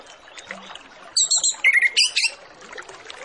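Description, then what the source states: Orange-headed Thrush song, a brief quick burst of high whistles and chirps amid soft background hiss. Full, richly varied master song used as a lure to get Orange-headed Thrushes to sing quickly and openly.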